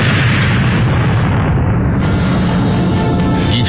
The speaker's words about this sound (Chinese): 1964年10月16日，随着罗布泊一声巨响，中国第一颗原子弹爆炸成功，举国欢腾，震惊世界。